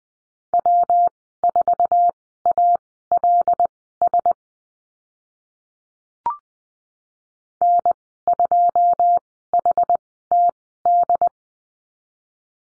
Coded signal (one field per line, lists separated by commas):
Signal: Morse code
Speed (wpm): 20 wpm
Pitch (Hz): 700 Hz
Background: none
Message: W4ALS N2HTD